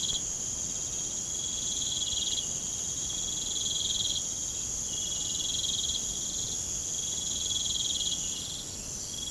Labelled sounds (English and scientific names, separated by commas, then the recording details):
none
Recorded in pastures near Puerto Asís, Putumayo, Colombia, on 23 June 2025 at 00:30
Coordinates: 0.472, -76.331
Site G095